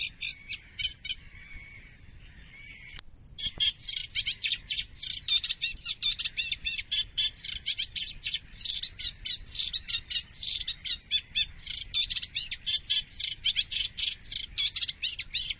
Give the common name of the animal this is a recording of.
Eurasian Reed Warbler